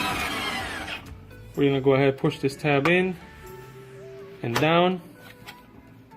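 A plastic basket tab on a vending machine's elevator basket assembly is handled as it is pushed in and down toward the metal bracket of the elevator. A broadband rush fills the first second, then someone talks over a low steady hum. Nothing has seated or clicked yet.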